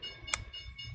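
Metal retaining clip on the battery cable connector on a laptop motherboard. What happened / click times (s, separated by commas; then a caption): The small metal retaining clip flipped open, releasing the connector / 0.3 s. The small metal retaining clip on the battery cable connector on an Asus Zenbook Q420V laptop motherboard is pushed away to flip it open so the connector can come off during a battery replacement. A sharp click is heard at 0.3 s over a quiet, steady tonal background, and the clip is released open.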